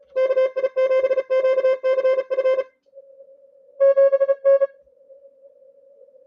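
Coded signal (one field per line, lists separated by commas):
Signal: Morse code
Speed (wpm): 36 wpm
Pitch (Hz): 530 Hz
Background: music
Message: KI7QCF 7N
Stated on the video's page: ARRL International DX Contest CW traffic.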